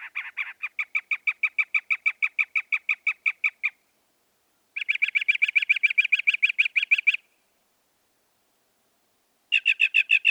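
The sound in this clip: Northern mockingbird song, rapid series of repeated notes in three separate bursts, the first two lasting a few seconds and the last cut short, with pauses between.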